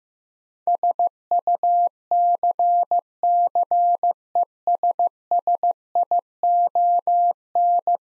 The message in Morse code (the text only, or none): SUCCESSION